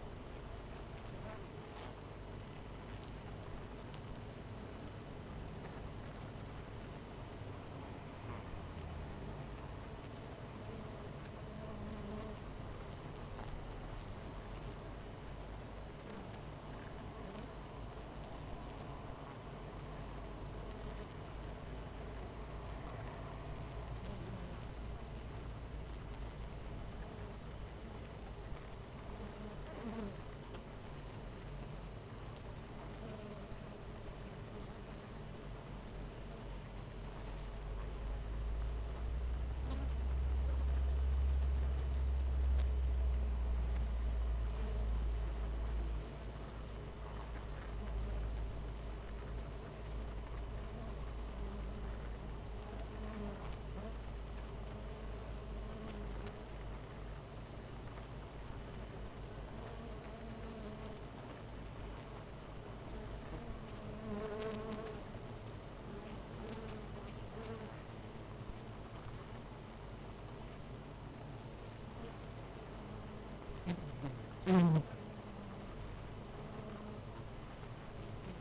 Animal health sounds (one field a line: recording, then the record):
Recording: honeybee colony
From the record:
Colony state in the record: missing queen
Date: 14 July 2017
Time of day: 9:02